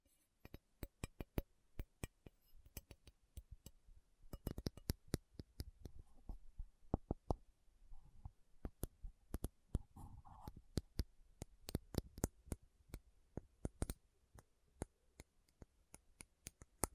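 Slow tapping on metal, a series of sharp, bright clicks spaced irregularly across the whole clip, sometimes in quick pairs or short clusters. A few taps land harder than others, and faint murmurs and soft rustles sit underneath between strikes.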